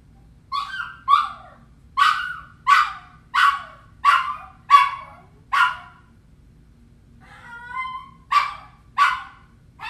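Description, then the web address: Hunting dog barking in a steady string of loud barks, then a short pause with a whine before more barks. "liangi quanno feie sheng"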